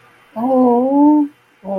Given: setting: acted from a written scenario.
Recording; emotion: vocal sound without words; adoration